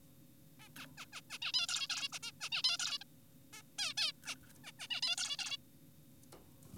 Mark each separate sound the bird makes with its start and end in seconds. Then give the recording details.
0.60-0.69, 0.78-0.86, 0.98-1.06, 1.13-1.21, 1.30-1.38, 1.42-1.52, 1.54-1.67, 1.69-1.88, 1.90-2.08, 2.13-2.19, 2.23-2.32, 2.41-2.49, 2.52-2.62, 2.64-2.77, 2.80-2.98, 3.01-3.04, 3.53-3.62, 3.78-3.94, 3.98-4.12, 4.23-4.35, 4.64-4.72, 4.80-4.88, 4.91-5.01, 5.03-5.16, 5.18-5.36, 5.39-5.57. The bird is an adult. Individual g4p5U